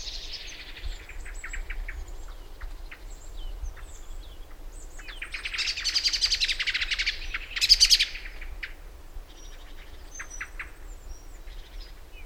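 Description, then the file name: Common blackbird calls: scattered high chirps, then a dense chattering burst around six seconds and a sharp loud note near eight seconds, over low background rumble. "Turdus merula"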